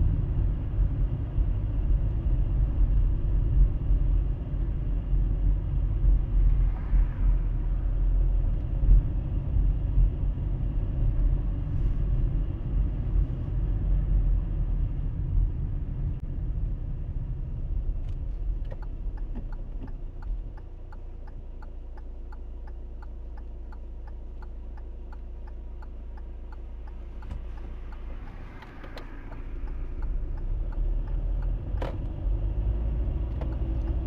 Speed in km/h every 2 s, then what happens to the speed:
24, 23, 20, 19, 22, 22, 21, 17, 11, 2, 0, 0, 0, 0, 2, 9, 11.
0-12 steady at about 22. 12-18 slows to 2. 18-28 standing. 28-34 pulls away to 11.